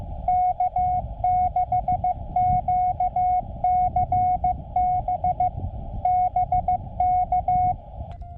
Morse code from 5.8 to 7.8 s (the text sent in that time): BK